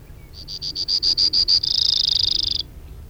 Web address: Brewer's Sparrow Audio B--LNSCourse Cassette